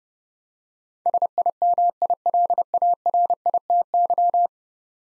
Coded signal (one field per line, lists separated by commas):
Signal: Morse code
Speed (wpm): 30 wpm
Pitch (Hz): 700 Hz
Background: none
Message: SIMILARITY